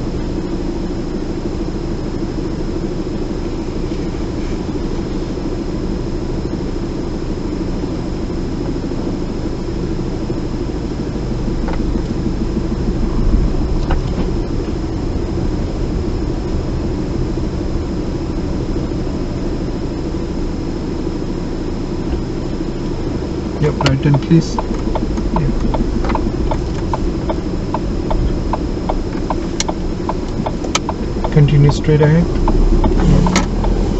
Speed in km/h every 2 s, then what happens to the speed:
0, 2, 2, 0, 0, 6, 8, 8, 5, 0, 0, 0, 5, 6, 3, 6, 10.
0-9 standing. 9-12 pulls away to 8. 12-18 slows to 0. 18-22 standing. 22-25 pulls away to 6. 28-34 speeds up to 10.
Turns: none.